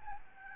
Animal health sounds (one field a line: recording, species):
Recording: mosquito wingbeat signal from an infrared sensor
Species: Aedes albopictus